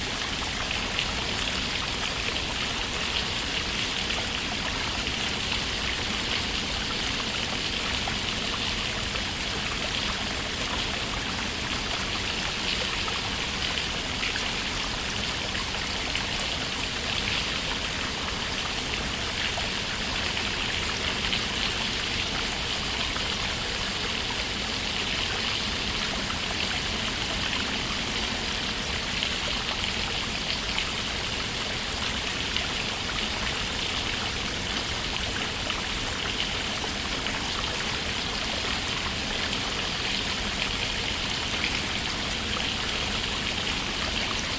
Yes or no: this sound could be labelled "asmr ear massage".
no